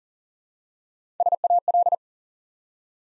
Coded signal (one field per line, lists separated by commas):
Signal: Morse code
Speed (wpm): 38 wpm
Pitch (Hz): 700 Hz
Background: none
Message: SAL